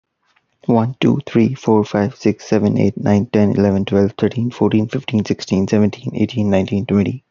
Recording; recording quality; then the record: counting at a fast pace; excellent, no background noise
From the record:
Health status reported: healthy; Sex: male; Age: 26 years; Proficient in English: yes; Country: Canada